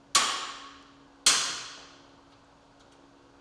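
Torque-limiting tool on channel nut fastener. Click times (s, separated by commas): 0.2 s, 1.3 s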